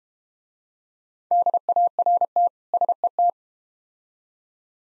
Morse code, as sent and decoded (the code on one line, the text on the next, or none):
-.. .- .-. - / ... . -
DART SET